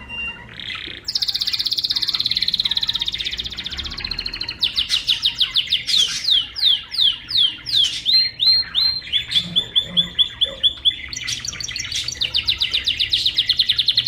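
Bird delivering a long, energetic song: a high buzzy trill, a run of repeated downslurred whistled notes, a steady tone series, then further trills.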